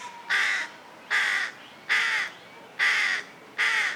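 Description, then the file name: Carrion crow giving five rasping caws at a steady pace, close to one call per second, each harsh and evenly spaced. "Corvus corone"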